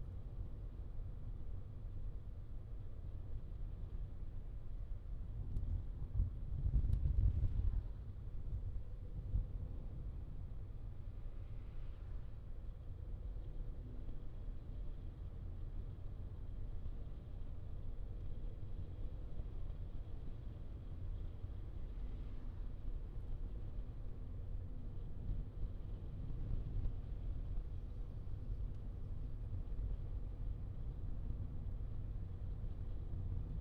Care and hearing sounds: everyday scene through a hearing-aid microphone; in a vehicle; engine, traffic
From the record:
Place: Skoda Fabia, gasoline engine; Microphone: in the ear canal, left

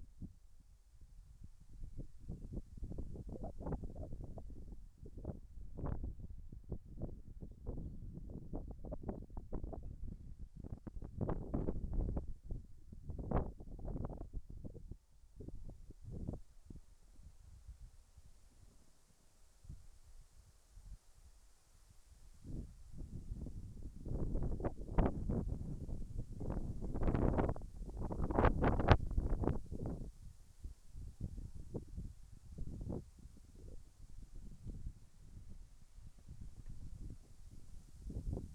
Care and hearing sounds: everyday scene through a hearing-aid microphone; wind on the microphone; wind, whistling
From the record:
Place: in front of a rural house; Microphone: behind the ear, right, rear

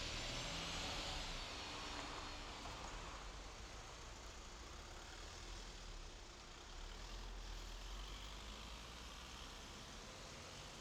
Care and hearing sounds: everyday scene through a hearing-aid microphone; in traffic; traffic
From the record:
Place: main road on the outskirts, rush hour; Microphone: in the ear canal, left

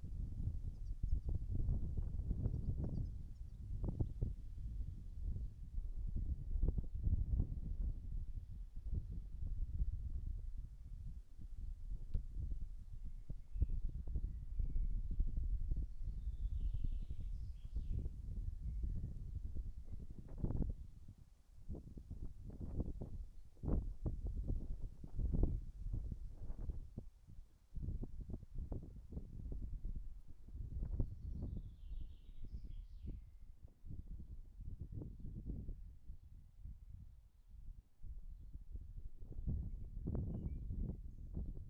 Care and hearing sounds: everyday scene through a hearing-aid microphone; wind on the microphone; wind, birds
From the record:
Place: in front of a rural house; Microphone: behind the ear, right, rear

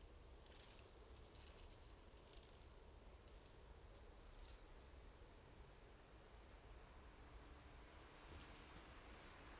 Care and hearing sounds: everyday scene through a hearing-aid microphone; in traffic; traffic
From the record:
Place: main road on the outskirts, rush hour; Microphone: in the ear canal, left

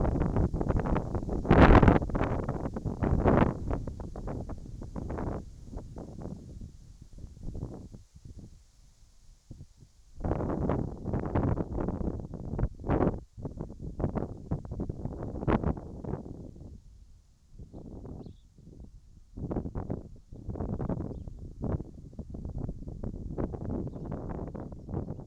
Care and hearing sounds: everyday scene through a hearing-aid microphone; wind on the microphone; wind, whistling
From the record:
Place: in front of a rural house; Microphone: in the ear canal, right

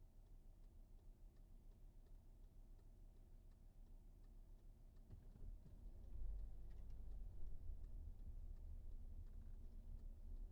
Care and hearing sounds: everyday scene through a hearing-aid microphone; in a vehicle; engine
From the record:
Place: VW T5 Caravelle, diesel engine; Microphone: behind the ear, right, rear

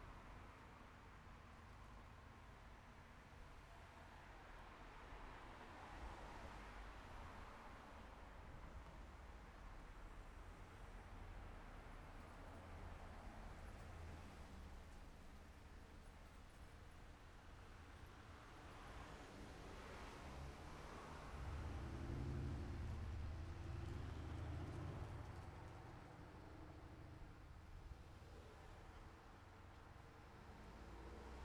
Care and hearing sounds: everyday scene through a hearing-aid microphone; in traffic; traffic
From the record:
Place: city secondary road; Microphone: behind the ear, left, rear

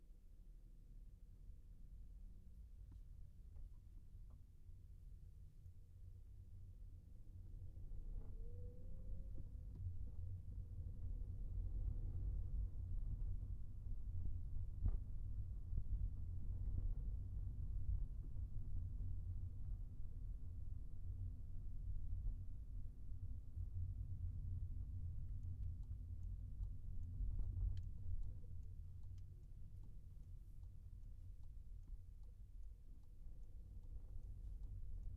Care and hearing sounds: everyday scene through a hearing-aid microphone; in a vehicle; engine, rumble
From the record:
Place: Skoda Fabia, gasoline engine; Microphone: behind the ear, right, rear

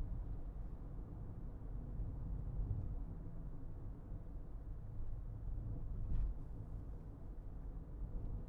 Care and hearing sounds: everyday scene through a hearing-aid microphone; in a vehicle; engine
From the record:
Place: Berlingo II, diesel engine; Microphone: behind the ear, left, rear

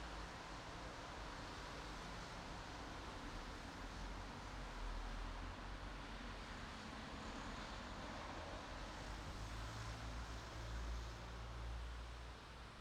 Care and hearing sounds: everyday scene through a hearing-aid microphone; in traffic; traffic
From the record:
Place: bus stop on a city main road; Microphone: in the ear canal, right

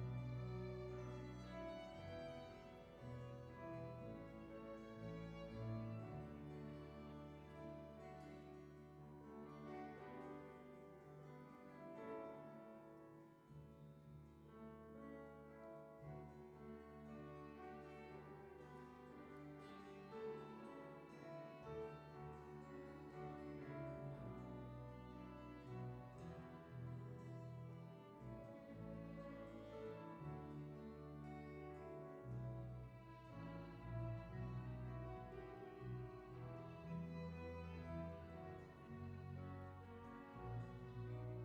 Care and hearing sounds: everyday scene through a hearing-aid microphone; reverberant space; music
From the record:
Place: church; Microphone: behind the ear, right, front

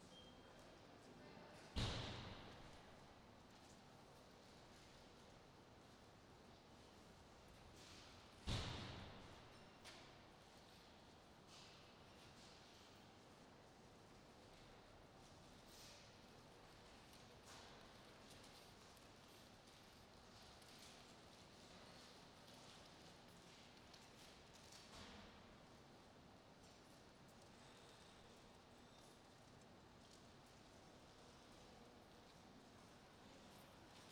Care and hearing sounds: everyday scene through a hearing-aid microphone; reverberant space; background noise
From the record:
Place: railway station hall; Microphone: in the ear canal, right

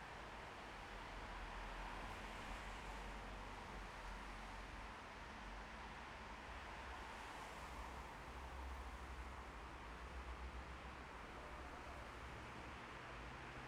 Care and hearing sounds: everyday scene through a hearing-aid microphone; in traffic; traffic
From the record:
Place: bus stop on a city main road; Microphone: behind the ear, left, front

